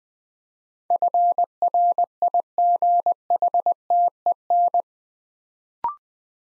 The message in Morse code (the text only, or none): FRIGHTEN